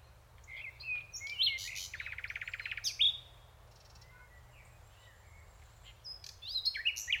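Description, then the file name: Common nightingale song in varied bursts: squeaky whistles, a rapid buzzy rattle, then a pause and more scattered sharp, high notes. "Luscinia megarhynchos"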